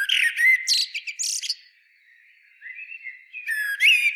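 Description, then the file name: Common blackbird song: a warbled phrase ending in squeaky high twitters, a near-silent pause, then another twittering phrase begins near the end. "Turdus merula"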